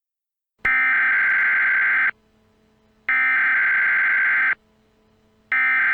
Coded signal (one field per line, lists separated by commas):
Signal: Emergency Alert System (SAME) tones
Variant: header bursts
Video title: EAS | Nuclear Attack Scenario #5